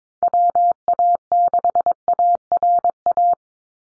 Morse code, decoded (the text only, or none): WA6ARA